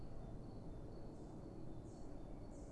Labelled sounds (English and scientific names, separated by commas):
Great Tit (Parus major)